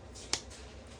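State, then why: Seated. The lid of a makeup compact, a plastic blush palette, is pressed down onto its compact base and snaps shut. A single short, bright click sounds at 0.3 s over quiet background hiss. The lid is seated closed.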